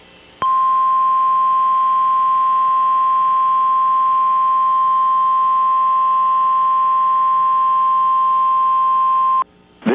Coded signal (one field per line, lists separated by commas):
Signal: Emergency Alert System (SAME) tones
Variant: 1050 Hz attention tone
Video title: NOAA Weather Radio - Special Marine Warning - December 2nd, 2023 (EAS# 7)